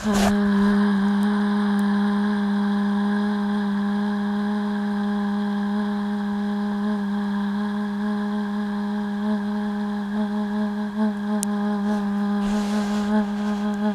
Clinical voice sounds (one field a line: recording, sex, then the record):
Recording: sustained vowel /a/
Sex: female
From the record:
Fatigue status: fatigue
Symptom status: asymptomatic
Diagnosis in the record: COVID-19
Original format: m4a